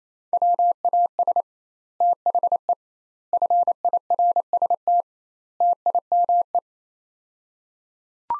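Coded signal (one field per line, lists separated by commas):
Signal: Morse code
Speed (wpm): 28 wpm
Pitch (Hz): 700 Hz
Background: none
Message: WAS THE FIRST TIME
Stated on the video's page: Morse practice in sets of four words at 28 wpm with 2x word spacing, a Farnsworth-like method; each set sent, spoken, then resent.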